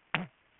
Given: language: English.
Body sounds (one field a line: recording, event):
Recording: throat vibration sensor signal played as sound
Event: throat clearing